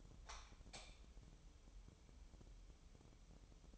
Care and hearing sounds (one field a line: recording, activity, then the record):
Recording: daily activity, microphone in the room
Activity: light on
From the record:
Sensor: 1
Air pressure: 988.4 hPa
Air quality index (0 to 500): 198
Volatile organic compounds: 1000 ppm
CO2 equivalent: 5298 ppm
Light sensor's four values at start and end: 8/21/8/10 and 12/37/14/15